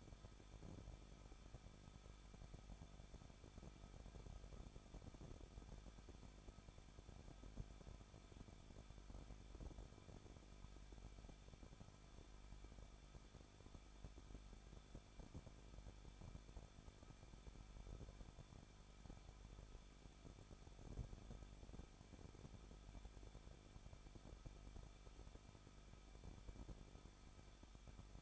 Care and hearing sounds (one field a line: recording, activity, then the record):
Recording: daily activity, microphone in the room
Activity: no activity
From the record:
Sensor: 5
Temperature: 20.8 degrees Celsius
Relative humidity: 38.5%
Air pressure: 1006.5 hPa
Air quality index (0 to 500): 191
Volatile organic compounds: 20 ppm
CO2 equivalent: 2689 ppm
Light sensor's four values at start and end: 2/3/1/1 and 2/3/1/1